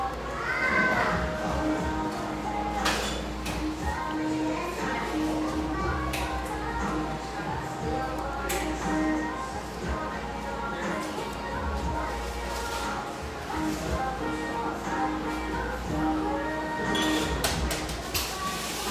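Cafe ambience with a steady murmur of overlapping voices and chatter throughout. Short clinks and clatters of dishes or cups pop out now and then, notably around three, eight and seventeen seconds, over a constant low hum.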